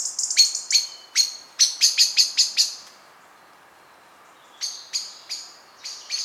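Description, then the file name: Common blackbird giving sharp, clicking chink calls in fast bursts, a run of about ten notes, a pause of over a second, then another burst. "Turdus merula"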